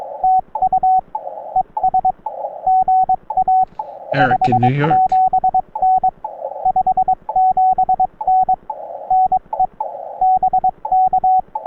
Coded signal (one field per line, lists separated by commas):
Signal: Morse code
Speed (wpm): 22 wpm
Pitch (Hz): 750 Hz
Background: speech, radio noise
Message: TU ES GA 57N 57N NE BK